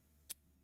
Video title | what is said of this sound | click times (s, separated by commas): Meet Luke & Make Fun Of His Wiring - 2PM AEDT | And then don't touch the button. Just go until it clicks. | 0.3 s